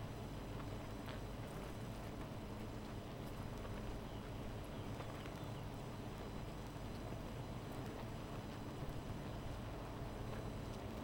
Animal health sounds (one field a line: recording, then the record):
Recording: honeybee colony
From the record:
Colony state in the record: missing queen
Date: 14 July 2017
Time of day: 13:32